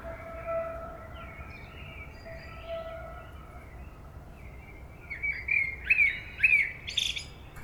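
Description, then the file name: Common blackbird with a faint flutey warble under steady thin tones, followed near the end by a louder burst of slurred whistles and sharp high twitters. "Turdus merula"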